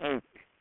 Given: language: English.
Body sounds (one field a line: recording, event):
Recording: throat vibration sensor signal played as sound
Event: speech